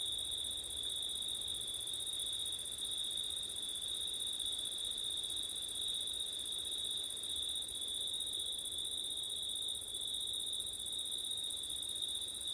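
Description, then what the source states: Crickets trilling nonstop at a high, steady pitch for the whole stretch, an even higher whine above, with gentle low background noise. Crickets recorded on a September night with wind.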